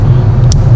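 The safety latch on a wiring harness connector, while installing a Pulsar LT on a 2019-2021 GM 5.3L or 6.2L, is snapped closed after the connector's outer shell has been slid down and locked. A steady low rumble runs throughout, and a short, sharp click with bright high-frequency content lands at 0.5 s. The latch snaps shut and the connector is seated.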